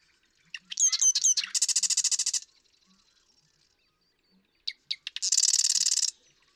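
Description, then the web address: Marsh Wren song: clicking introductory notes, then a loud, fast buzzy rattle; after a pause a second song repeats the same ticks-then-rattle pattern. "birdsongforthecurious Marsh Wren"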